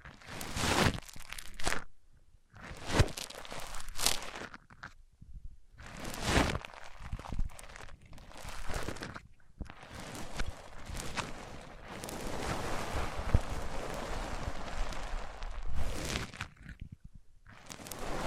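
A microphone is rubbed against different surfaces, giving harsh scraping and brushing noise in short, irregular bursts separated by brief silences during the first ten seconds. From about 10 to 16 seconds the rubbing becomes a longer, steadier grinding stretch before it breaks off again.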